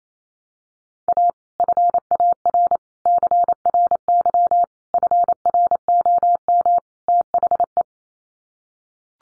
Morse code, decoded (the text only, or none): A FAR CRY FROM THE